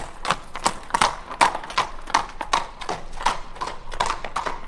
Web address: Hollywood Edge Historical Series War Horses Armies Weapons Two Horses Trot By On Cobbles